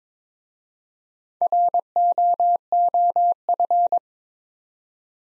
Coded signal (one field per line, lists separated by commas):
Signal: Morse code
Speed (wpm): 22 wpm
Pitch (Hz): 700 Hz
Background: none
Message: ROOF